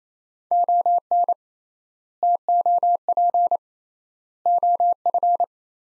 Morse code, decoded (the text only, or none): ON TOP OF